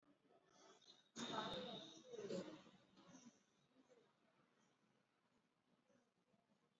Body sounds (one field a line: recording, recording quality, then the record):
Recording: deep breathing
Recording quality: moderate, slight background noise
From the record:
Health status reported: exposed to COVID-19, no respiratory illness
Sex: male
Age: 63 years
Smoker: no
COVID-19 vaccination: both doses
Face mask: worn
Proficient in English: yes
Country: India